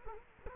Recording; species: mosquito wingbeat signal from an infrared sensor; Culex quinquefasciatus